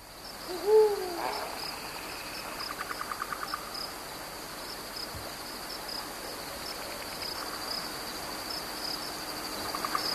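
Eurasian eagle-owl with one brief arched call early on, swelling and dropping in pitch, followed by quieter insect chirping and faint trills for the rest.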